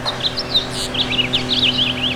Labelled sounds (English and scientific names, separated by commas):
House Finch (Haemorhous mexicanus) song